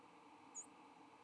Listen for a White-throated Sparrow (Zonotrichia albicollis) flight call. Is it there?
no